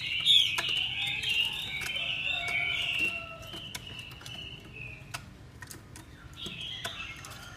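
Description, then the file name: Chinese hwamei song: a rich, rolling warble that fades and restarts, accompanied by sharp ticking clicks. Female hwamei calls used to stimulate a male. "Tieng chim hoa mi mai kich trong"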